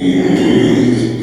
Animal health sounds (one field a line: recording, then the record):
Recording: squeal of a Yucatan mini pig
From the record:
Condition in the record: after surgery on the right vocal fold (resection and tissue-engineered implant)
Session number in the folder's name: 2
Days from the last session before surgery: 13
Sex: male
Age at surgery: 12 weeks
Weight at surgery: 13 kg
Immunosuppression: cyclosporine, prednisolone